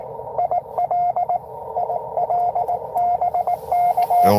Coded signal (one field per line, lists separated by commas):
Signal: Morse code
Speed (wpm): 23 wpm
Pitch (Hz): 700 Hz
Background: radio noise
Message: IL IL BK